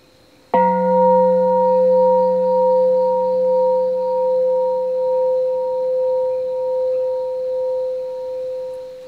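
A single temple bell struck once as the third bell strike of a Buddhist chant, giving a sharp onset and then a long, steady ringing hum with several clear tones that slowly pulses and fades over about eight seconds, with no voices.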